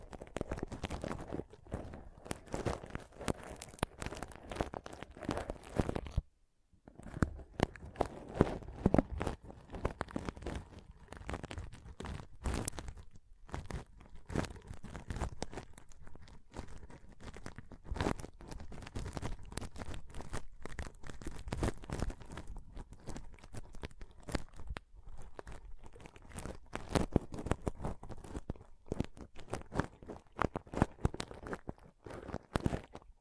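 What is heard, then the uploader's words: Pom pom tingles: dense, rapid crinkly rustling and scratchy crunches run nearly nonstop, with a brief silence near six seconds. ASMR Ultimate Pom Pom Tingles (No Talking).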